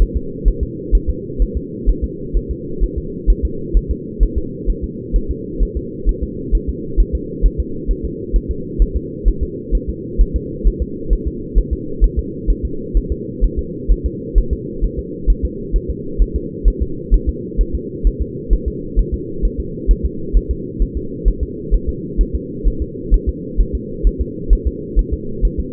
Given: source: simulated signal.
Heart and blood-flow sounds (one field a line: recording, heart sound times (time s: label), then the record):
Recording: fetal heart sounds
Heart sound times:
0.02 s: S1
0.16 s: S2
0.48 s: S1
0.63 s: S2
0.95 s: S1
1.09 s: S2
1.42 s: S1
1.57 s: S2
1.90 s: S1
2.04 s: S2
2.37 s: S1
2.51 s: S2
2.84 s: S1
2.98 s: S2
3.30 s: S1
3.45 s: S2
3.77 s: S1
3.91 s: S2
4.23 s: S1
4.38 s: S2
4.70 s: S1
4.84 s: S2
5.16 s: S1
5.31 s: S2
5.63 s: S1
5.77 s: S2
6.09 s: S1
6.23 s: S2
6.55 s: S1
6.69 s: S2
7.00 s: S1
7.15 s: S2
7.46 s: S1
7.60 s: S2
7.91 s: S1
8.05 s: S2
8.36 s: S1
8.51 s: S2
8.82 s: S1
8.97 s: S2
9.28 s: S1
9.43 s: S2
9.75 s: S1
9.89 s: S2
10.21 s: S1
10.36 s: S2
10.67 s: S1
10.82 s: S2
11.13 s: S1
11.28 s: S2
11.58 s: S1
11.73 s: S2
12.04 s: S1
12.19 s: S2
12.50 s: S1
12.65 s: S2
12.97 s: S1
13.12 s: S2
13.44 s: S1
13.59 s: S2
13.92 s: S1
14.06 s: S2
14.38 s: S1
14.53 s: S2
14.84 s: S1
14.99 s: S2
15.30 s: S1
15.45 s: S2
15.76 s: S1
15.90 s: S2
16.22 s: S1
16.36 s: S2
16.68 s: S1
16.82 s: S2
17.14 s: S1
17.29 s: S2
17.61 s: S1
17.75 s: S2
18.07 s: S1
18.22 s: S2
18.53 s: S1
18.68 s: S2
18.99 s: S1
19.14 s: S2
19.45 s: S1
19.60 s: S2
19.91 s: S1
20.05 s: S2
20.37 s: S1
20.51 s: S2
20.82 s: S1
20.97 s: S2
21.28 s: S1
21.43 s: S2
21.74 s: S1
21.89 s: S2
22.21 s: S1
22.35 s: S2
22.68 s: S1
22.82 s: S2
23.14 s: S1
23.29 s: S2
23.61 s: S1
23.75 s: S2
24.07 s: S1
24.21 s: S2
24.53 s: S1
24.67 s: S2
24.99 s: S1
25.13 s: S2
25.45 s: S1
25.60 s: S2
From the record:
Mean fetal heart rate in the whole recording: 130 bpm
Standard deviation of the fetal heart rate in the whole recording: 2 bpm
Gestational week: 36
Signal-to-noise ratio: -4.3 dB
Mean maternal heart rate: 72 bpm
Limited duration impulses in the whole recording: absent